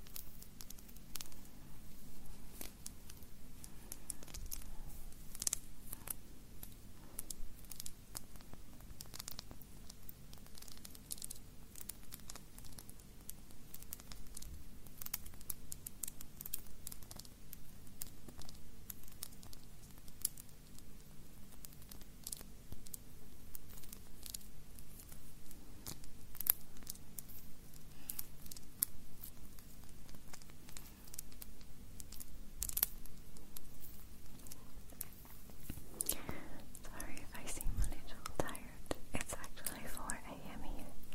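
Fingernails tap in quick, uneven bursts of sharp, dry clicks, packed densely through the whole recording. A low, steady hum sits underneath. Near the end, from around 36 seconds, a brief brighter rustling joins the tapping.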